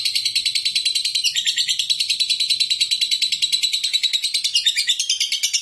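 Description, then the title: Lovebird producing a fast, unbroken high-pitched chatter, notes repeated several times a second with a harsh, buzzy quality. Lovebird in konslet-style singing. "Lovebird Konslet"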